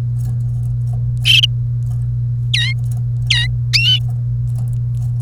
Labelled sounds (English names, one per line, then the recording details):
Domestic Canary song
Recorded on 1 May 2018 at 09:48
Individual llb3